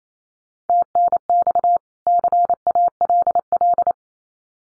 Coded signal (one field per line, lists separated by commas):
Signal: Morse code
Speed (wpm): 28 wpm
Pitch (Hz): 700 Hz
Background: none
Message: TNX CALL